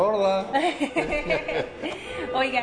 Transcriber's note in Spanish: risas